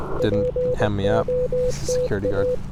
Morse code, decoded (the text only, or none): POTA